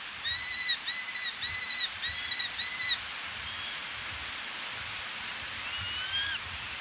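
Eleonora's falcon giving five harsh, nasal notes in quick succession, then near silence broken by one fainter call.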